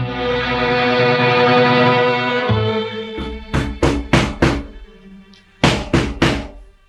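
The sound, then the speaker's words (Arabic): Firm knocks on the wooden door of the sheikh Abu Hazim's house, with the Commander of the Faithful at the door, come in two quick bursts, four raps then three after a short pause, following a fading stretch of sustained music. “افتح الباب أيها الشيخ، إن أمير المؤمنين هو الذي يقف على بابك.”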